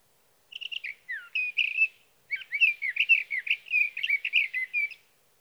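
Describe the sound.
Sage thrasher song: a few repeated notes and a falling slur, a short pause, then a long, rapid, varied warbling stream.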